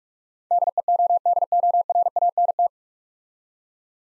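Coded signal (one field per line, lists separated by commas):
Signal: Morse code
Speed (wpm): 44 wpm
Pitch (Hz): 700 Hz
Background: none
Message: DEODORANT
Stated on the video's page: Morse practice set of easy words with contextual hints, speed-racing, 35 wpm.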